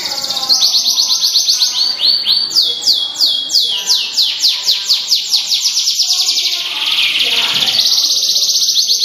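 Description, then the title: Canary singing a rapid series of descending whistled sweeps that quicken into a dense, rattling high trill. Small standard type canary with a contest achievement record. "Kenari Standart Kecil Prestasi"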